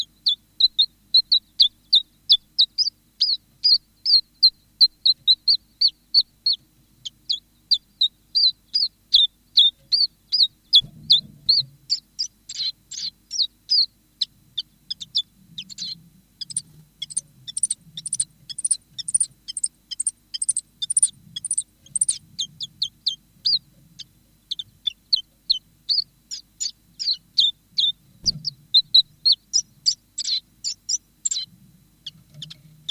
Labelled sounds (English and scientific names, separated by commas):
Common Chiffchaff (Phylloscopus collybita)